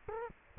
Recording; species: mosquito wingbeat signal from an infrared sensor; Culex quinquefasciatus